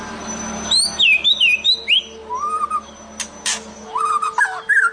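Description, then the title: White-rumped shama song: clear whistled phrases sliding between high and mid pitch, with broad clicking bursts and a steady low hum beneath. "Kicau Murai Batu"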